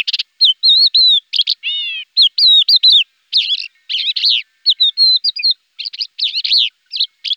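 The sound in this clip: Crested lark song, fast jumbled phrases of whistled notes, trills and buzzy chirps, with short pauses between them.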